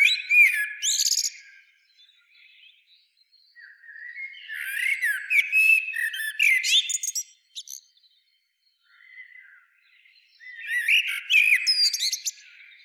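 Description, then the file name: Common blackbird song: three bursts of mellow, warbling phrases that break into high, squeaky twittering, with short pauses between them. "Turdus merula"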